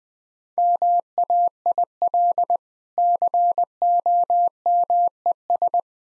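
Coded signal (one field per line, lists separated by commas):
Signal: Morse code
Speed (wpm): 20 wpm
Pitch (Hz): 700 Hz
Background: none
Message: MAIL COMES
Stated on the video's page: Morse practice sentences at 20 wpm with contextual hints, part of a copying practice series.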